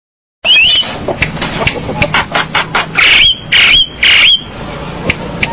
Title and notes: Jalak Kebo. Kicau Burung Jalak